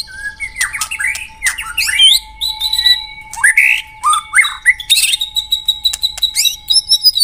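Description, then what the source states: White-rumped shama pouring out a rich, varied song of upward-swept whistles, scratchy rasps and clicking notes. Lure sound.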